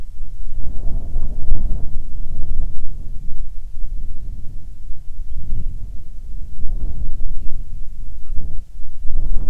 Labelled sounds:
bird, wind

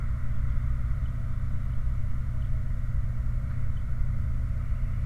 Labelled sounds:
waterfowl, vehicle

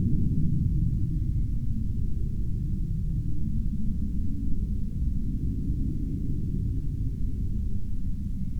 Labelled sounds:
aircraft

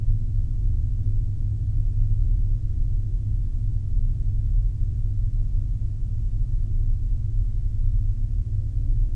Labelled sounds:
machinery, flare stack

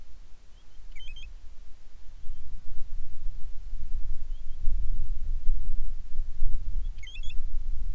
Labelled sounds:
bird

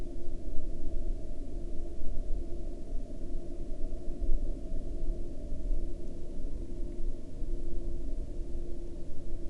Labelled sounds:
man-made sound

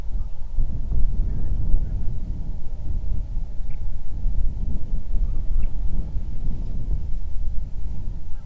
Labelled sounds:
bird, wind

